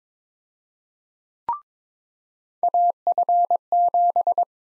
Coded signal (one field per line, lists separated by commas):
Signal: Morse code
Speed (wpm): 22 wpm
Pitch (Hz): 700 Hz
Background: none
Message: AF7